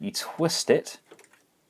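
Someone talks while the swappable plastic head of a Tanaka MPF-12 Lambor 1/18 scale KO oversized Masterpiece Sideswipe transforming robot figure is pushed down onto its neck joint and twisted. A few faint, soft ticks follow around 1.2 and 1.3 s, and nothing has seated or locked into place yet.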